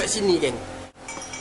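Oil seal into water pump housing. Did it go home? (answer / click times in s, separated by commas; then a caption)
yes / 1.1 s. Someone talks while an oil seal is tapped into a motorcycle water pump housing until it sits flush. A sharp metallic tap sounds at 1.1 s, showing the seal has hit metal and is evenly seated.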